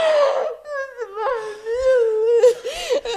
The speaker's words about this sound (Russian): Встань, не плачь, перестань. Ну не надо плакать. Ну не надо.